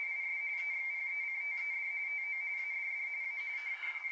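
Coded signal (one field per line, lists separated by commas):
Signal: RTTY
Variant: 45 baud, 170 Hz shift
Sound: steady warbling two-tone chatter, rapidly flipping between two close high pitches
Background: radio static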